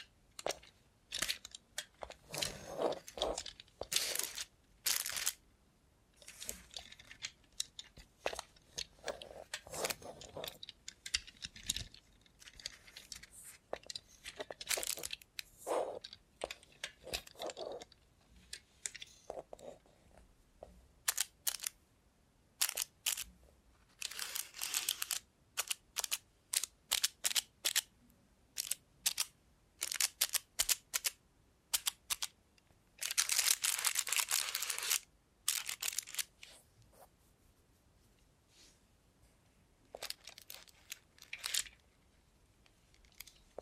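A robot hand makes a dense run of short, sharp clicks, taps and clacks, mostly bright and crisp, with brief quiet gaps between bursts. Around 33 to 36 seconds a longer, louder rustling scrape takes over before the clicking resumes more sparsely.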